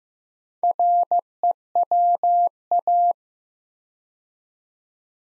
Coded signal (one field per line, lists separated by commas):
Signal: Morse code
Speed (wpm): 15 wpm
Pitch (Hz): 700 Hz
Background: none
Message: REWA